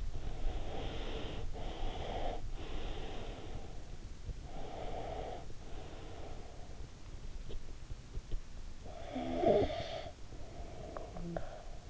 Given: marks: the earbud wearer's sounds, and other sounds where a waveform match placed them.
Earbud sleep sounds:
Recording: sounds in sleep by an in-ear microphone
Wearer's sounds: breath, snoring breath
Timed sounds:
0.00-3.98 s: breath
4.38-6.95 s: breath
8.68-11.90 s: snoring breath

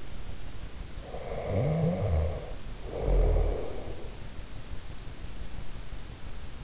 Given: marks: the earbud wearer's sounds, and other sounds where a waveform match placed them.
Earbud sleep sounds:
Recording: sounds in sleep by an in-ear microphone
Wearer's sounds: snoring breath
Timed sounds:
1.03-4.17 s: snoring breath

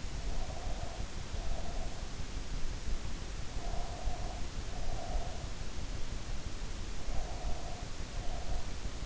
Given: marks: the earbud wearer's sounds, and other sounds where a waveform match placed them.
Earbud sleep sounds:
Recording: sounds in sleep by an in-ear microphone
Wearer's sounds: breath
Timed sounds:
0.13-2.34 s: breath
3.33-5.60 s: breath
7.06-9.06 s: breath

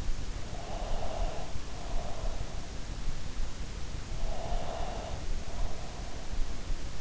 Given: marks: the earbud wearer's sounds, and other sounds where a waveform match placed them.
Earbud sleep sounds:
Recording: sounds in sleep by an in-ear microphone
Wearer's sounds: breath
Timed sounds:
0.69-2.57 s: breath
4.46-5.94 s: breath

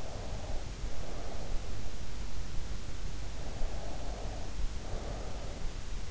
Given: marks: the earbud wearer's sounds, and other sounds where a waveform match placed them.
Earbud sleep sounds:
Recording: sounds in sleep by an in-ear microphone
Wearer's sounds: breath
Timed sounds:
0.00-1.71 s: breath
3.44-5.74 s: breath

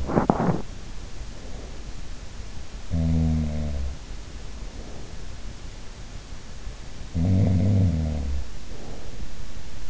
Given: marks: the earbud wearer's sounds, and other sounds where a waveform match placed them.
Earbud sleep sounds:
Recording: sounds in sleep by an in-ear microphone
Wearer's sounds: teeth grinding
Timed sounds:
0.00-1.10 s: teeth grinding
2.30-5.16 s: sound from someone else or the room
6.64-9.56 s: sound from someone else or the room

